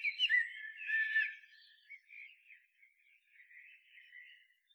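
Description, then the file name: Common blackbird warbling song, a loud burst of rich fluty notes in the first second and a half, then quieter scratchy twittering trailing off. "Turdus merula"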